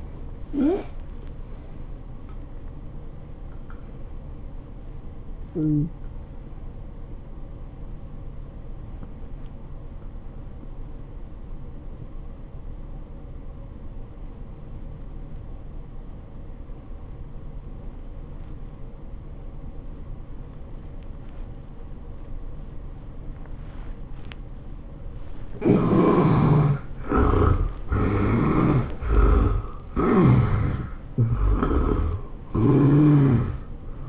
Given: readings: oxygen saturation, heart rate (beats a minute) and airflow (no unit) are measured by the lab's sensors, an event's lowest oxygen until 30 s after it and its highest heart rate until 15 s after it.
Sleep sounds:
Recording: breathing in sleep by a smartphone at the bedside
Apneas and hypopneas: 1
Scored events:
10.00-26.20 s: obstructive apnea (N1, oxygen 94% highest, then 74% lowest, heart rate 83 at the start, 104 highest)
From the record:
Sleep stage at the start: N1 (lightest sleep)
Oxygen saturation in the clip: 67 to 94%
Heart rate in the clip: 80 to 103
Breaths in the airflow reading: 5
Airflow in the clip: -14.7 to 14.6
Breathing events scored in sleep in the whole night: 403 in 5.5 hours asleep

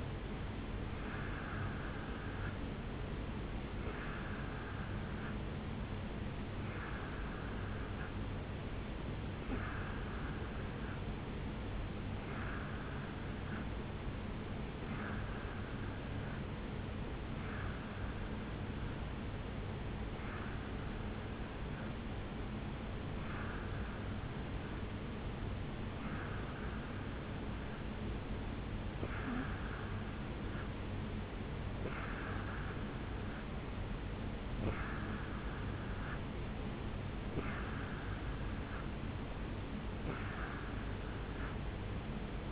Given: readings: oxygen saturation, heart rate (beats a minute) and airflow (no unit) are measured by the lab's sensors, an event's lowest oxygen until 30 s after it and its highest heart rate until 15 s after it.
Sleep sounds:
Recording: breathing in sleep by a voice recorder at the bedside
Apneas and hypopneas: none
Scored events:
1.00-42.52 s: new sleep stage, N3 (deep sleep)
From the record:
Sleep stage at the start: N2 (light sleep)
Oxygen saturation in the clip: 88 to 90%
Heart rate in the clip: 68 to 71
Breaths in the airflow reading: 15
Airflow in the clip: -3.3 to 2.3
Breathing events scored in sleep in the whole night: 449 in 7.0 hours asleep

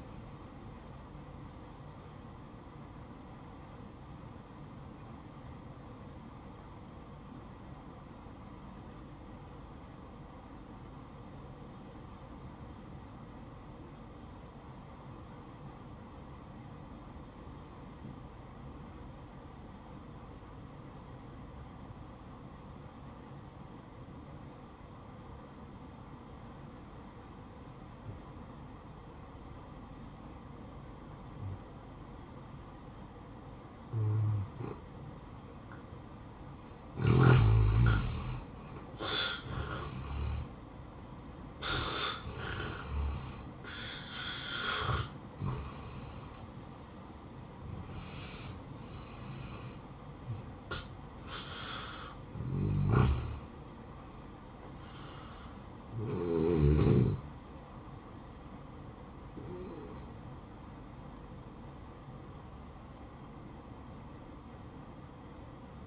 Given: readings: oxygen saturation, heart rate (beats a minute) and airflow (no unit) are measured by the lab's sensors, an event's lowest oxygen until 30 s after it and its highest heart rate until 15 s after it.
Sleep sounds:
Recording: breathing in sleep by a smartphone at the bedside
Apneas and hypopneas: 1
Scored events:
3.00-37.50 s: hypopnea (N1, oxygen 94% highest, then 82% lowest, heart rate 57 at the start, 76 highest)
22.00-52.00 s: new sleep stage, N2 (light sleep)
52.00-65.87 s: new sleep stage, N1 (lightest sleep)
From the record:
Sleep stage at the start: N1 (lightest sleep)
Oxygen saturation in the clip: 82 to 94%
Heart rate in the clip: 57 to 76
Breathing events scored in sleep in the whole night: 573 in 9.8 hours asleep

